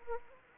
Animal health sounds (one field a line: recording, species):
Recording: mosquito wingbeat signal from an infrared sensor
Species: Anopheles arabiensis